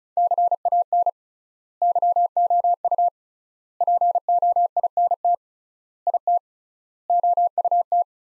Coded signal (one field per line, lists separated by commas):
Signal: Morse code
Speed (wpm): 36 wpm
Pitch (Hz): 700 Hz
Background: none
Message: CAN YOU POINT IT OUT